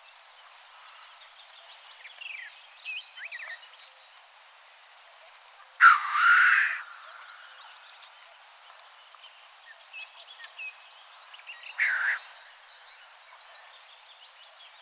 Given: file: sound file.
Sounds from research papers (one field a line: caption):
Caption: Representative recording of black grouse hissing call from Finland.